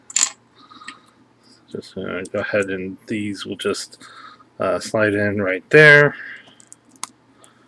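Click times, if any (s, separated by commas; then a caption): 7.0 s. Plastic window pieces are slid into the chest of a vintage Transformers G1 Bumblebee transforming robot toy during restoration and reassembly, while someone talks. Light plastic rattles and clicks sound early on, and a sharp click at 7.0 s marks a window piece snapping into the chest, seated.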